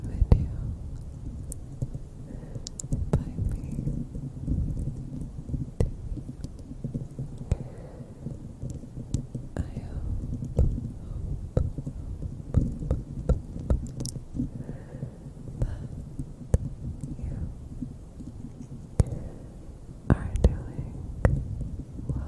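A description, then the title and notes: Bare mic scratching fills the clip with a dense low rumble, broken by frequent sharp clicks and taps scattered irregularly throughout. ASMR bare mic scratching.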